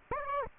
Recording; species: mosquito wingbeat signal from an infrared sensor; Aedes aegypti